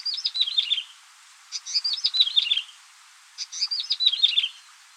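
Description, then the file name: Yellow-bellied prinia singing bright, jumbled high notes that tumble downward in a brief phrase, given three times with short pauses. "yellow bellied prinia omkicau"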